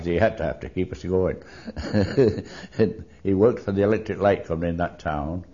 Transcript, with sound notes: He had to have to keep us going. ( he laughs ) HE worked for the electric light company in our town,